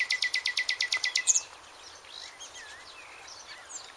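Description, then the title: Bird song: a fast series of sharp, evenly spaced chirps in the first second and a half, then quieter varied twittering notes. "LuckyPassaro Completos2Sama"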